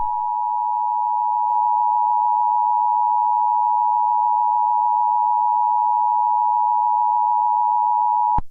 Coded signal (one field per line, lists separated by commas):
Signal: Emergency Alert System (SAME) tones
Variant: 853 and 960 Hz attention tone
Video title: Eas mock tornado warning to require weekly test￼￼